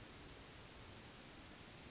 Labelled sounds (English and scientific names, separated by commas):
Yellowhammer (Emberiza citrinella) song